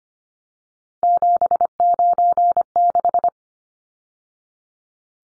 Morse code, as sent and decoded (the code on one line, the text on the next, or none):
--... ----. -....
796